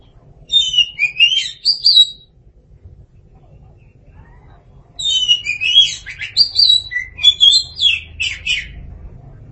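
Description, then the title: Oriental magpie-robin singing varied, sweet whistled phrases with rising and falling notes, two bursts separated by a short pause, over a light low hum. "Suara Kicauan Burung Kacer Durasi Panjang"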